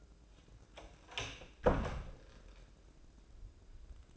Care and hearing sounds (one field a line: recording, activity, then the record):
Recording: daily activity, microphone in the room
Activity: close door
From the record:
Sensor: 2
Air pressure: 1012.2 hPa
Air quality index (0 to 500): 160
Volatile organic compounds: 2 ppm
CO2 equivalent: 1171 ppm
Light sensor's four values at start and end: 392/977/397/417 and 392/978/398/417